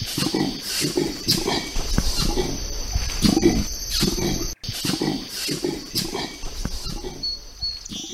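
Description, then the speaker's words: Bornean orangutan making rhythmic low puffing pulses, with a constant high tone running above and a brief dropout midway. Two separate sounds made simultaneously, like songbirds or human beatboxers; research conducted in Borneo; endangered population. "Hear the sound of the Bornean orangutan beatboxing."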